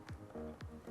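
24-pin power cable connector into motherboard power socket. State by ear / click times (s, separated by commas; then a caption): seated / 0.1 s, 0.6 s. A 24-pin plastic ATX power plug is pushed into the motherboard power socket over a low musical background. Two sharp clicks sound at 0.1 s and 0.6 s as it seats, confirming the connector is clicked in.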